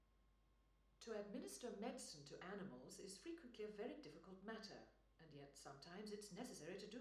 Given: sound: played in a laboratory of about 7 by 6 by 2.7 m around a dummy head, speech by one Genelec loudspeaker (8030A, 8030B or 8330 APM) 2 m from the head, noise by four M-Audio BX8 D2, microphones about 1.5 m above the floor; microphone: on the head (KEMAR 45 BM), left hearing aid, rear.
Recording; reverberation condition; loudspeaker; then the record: female speech in English; medium; 90 degrees to the left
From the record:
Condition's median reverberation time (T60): about 510 ms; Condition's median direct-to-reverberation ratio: about -0.5 dB